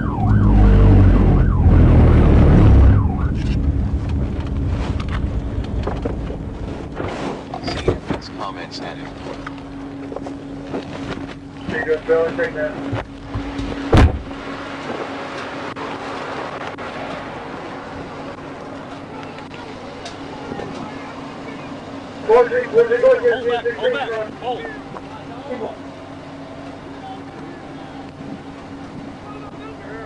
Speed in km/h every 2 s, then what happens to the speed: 47, 21, 8, 0, 0, 0, 0, 0, 0, 0, 0, 0, 0, 0, 0.
0-6 brakes to 0. 6-30 standing.